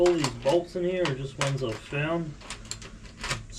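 Someone talks while fitting a scavenged bolt into a part of a $15 Y2K Dyno GT bike bought from a thrift store, during its rebuild. At 2.7 s the bolt's thread gives way with a short, sharp snap, followed by a few softer knocks. The bolt is stripped out.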